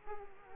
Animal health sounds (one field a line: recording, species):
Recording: mosquito wingbeat signal from an infrared sensor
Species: Culex quinquefasciatus